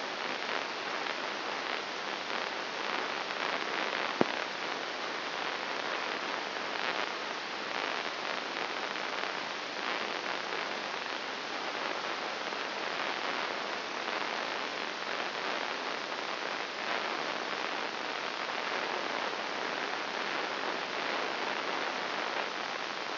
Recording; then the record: brain microelectrode recording played as sound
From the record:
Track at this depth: inside the subthalamic nucleus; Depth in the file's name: 2.101 mm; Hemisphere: right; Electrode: 3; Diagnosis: Parkinson's disease